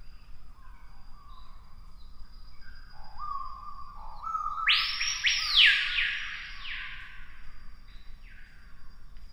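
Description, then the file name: Screaming piha song: a few lower whistled notes step up, then a loud, ringing whistle swoops up and down, over a low rumbling background. "piha bird scream"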